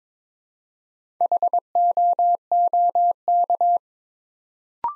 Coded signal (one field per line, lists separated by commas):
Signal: Morse code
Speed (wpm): 22 wpm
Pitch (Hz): 700 Hz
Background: none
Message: HOOK